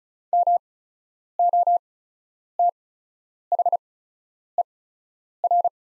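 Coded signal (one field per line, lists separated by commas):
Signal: Morse code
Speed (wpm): 36 wpm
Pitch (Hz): 700 Hz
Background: none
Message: MOTHER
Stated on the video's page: Farnsworth practice Morse at 35wpm with 8x character spacing, sending the top 300 words.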